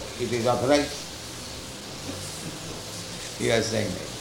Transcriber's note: chuckles